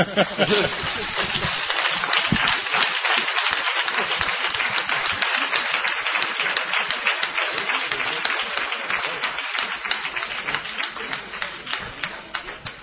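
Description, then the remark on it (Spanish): A crowd applauds steadily for about thirteen seconds, a dense, crackling wash of many hands clapping at once, holding fairly even loudness before easing slightly at the end. “Yo creo que se merece un aplauso, ¿no?”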